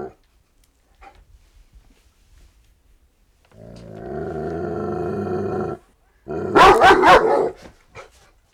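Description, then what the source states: Dog giving a long, sustained, rough snarling growl, then a burst of loud, harsh barks, with quieter scattered sounds before. Large dog barking with light snarling.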